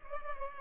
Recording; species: mosquito wingbeat signal from an infrared sensor; Culex pipiens